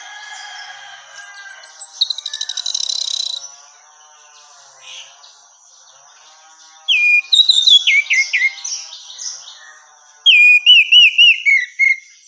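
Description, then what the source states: Orange-headed thrush calls: a buzzy rattling burst, then quick twittering chirps and a run of wavering whistled notes, over a faint steady high tone. Female.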